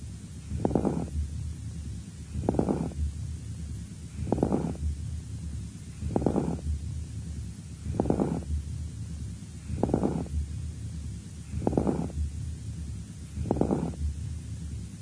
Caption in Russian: У больного крупозной пневмонией в нижней доле правого легкого в стадии начала заболевания. Затем в правой подлопаточной области. Справа на фоне ослабленного дыхания определялась крепитация.